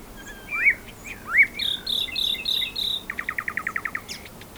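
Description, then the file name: Common nightingale song: two rich rising whistled slurs, then chattering notes, ending in a fast dry rattle, with faint background hiss. "Luscinia megarhynchos"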